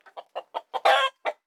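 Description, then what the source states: Chicken clucking: several short, throaty clucks in quick succession, with one longer, harsher squawk before a final cluck. Poultry.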